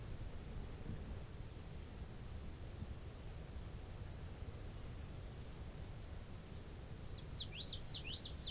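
Common yellowthroat song at the very end, several quick looping high phrases, with faint ticks earlier and a constant low rumble.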